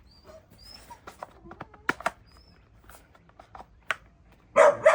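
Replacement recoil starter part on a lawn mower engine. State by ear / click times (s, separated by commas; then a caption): not seated / none. A replacement plastic recoil starter part is handled while being fitted to the push mower engine of a Troy-Bilt TB110 lawnmower, replacing an old plastic piece that cracked and broke so the recoil no longer worked. Faint rustles and sharp handling taps, the strongest near 1.9 s and 3.9 s, give way to louder broadband scraping from about 4.6 s to the end. Nothing has seated or clicked yet.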